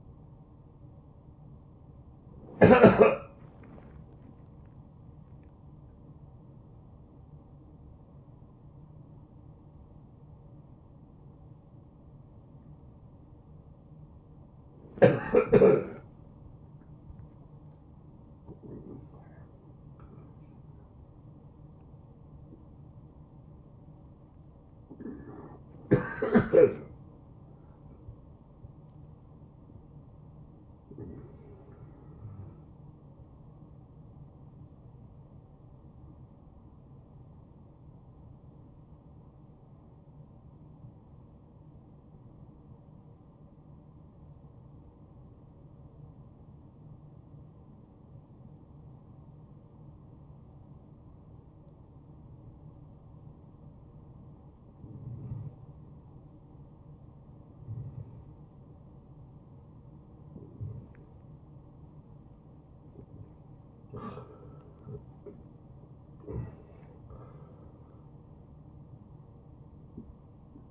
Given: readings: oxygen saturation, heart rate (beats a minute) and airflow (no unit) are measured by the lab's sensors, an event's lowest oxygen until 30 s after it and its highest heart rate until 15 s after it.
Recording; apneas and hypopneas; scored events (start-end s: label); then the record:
breathing in sleep by a smartphone at the bedside; 1
37.00-64.40 s: obstructive apnea (N1, oxygen 95% highest, then 88% lowest, heart rate 84 at the start, 84 highest)
From the record:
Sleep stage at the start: N1 (lightest sleep); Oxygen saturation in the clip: 90 to 97%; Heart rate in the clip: 67 to 88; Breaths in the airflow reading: 8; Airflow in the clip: -10.1 to 7.8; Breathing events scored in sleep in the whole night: 263 in 5.5 hours asleep